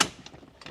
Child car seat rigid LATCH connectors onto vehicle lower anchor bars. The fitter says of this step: just click those in.